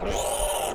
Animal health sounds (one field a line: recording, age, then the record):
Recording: pig call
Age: piglet (1 to 25 days)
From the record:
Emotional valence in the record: negative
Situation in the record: crushing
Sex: female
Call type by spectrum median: low-frequency call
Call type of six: mixed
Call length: 0.75 s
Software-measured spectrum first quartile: 539 Hz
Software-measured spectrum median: 1761 Hz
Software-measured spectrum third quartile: 7316 Hz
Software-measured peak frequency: 596 Hz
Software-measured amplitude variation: 104 dB a second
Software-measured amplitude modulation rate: 21.9 a second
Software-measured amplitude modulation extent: 4.7 dB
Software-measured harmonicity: 4.2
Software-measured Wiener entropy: -3.20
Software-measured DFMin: 1353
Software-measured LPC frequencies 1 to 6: 646, 2989, 6907, 8038, 8546, 9510 Hz